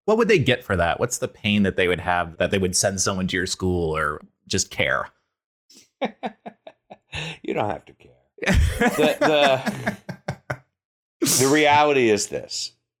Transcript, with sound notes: What would they get for that? What’s the pain that they would have that they would send someone to your school, or just care?.
[laugh] You don’t have to care. [laugh] The reality is this: